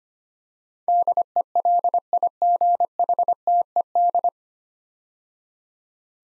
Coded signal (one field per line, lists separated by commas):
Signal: Morse code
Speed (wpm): 25 wpm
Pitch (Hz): 700 Hz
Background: none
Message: DELIGHTED